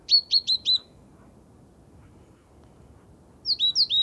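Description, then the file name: Great tit calls in two short bursts of four bright, high, down-slurred notes each, separated by roughly three seconds of quiet. "Parus major"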